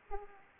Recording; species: mosquito wingbeat signal from an infrared sensor; Aedes aegypti